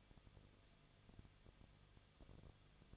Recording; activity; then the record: daily activity, microphone in the room; no activity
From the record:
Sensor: 4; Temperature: 23.0 degrees Celsius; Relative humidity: 34.3%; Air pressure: 1007.3 hPa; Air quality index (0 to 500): 217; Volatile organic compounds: 15 ppm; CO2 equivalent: 2515 ppm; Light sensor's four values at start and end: 2/3/1/1 and 2/3/1/1